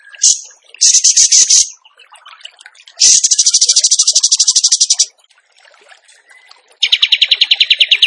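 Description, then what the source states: Bird song: several high, rattling trills fired in quick bursts, the longest about two seconds, separated by brief pauses with soft chatter. Training recording (masteran) of a bird singing in the tembakan gacor style.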